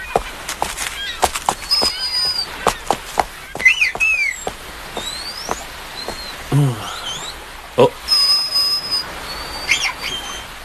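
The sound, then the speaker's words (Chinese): A badly injured, weak orca with a bite wound makes high whistling calls that rise and fall in looping sweeps, scattered among rapid, sharp clicks and brief squeaks, heard from below, with no one speaking. “是条虎鲸。”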